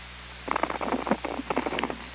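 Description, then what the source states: Orca clicks: a rapid, irregular burst of clicks and pulses over a steady low hum. Underwater hydrophone recording from OrcaLab, 24 August 2017, 05:07.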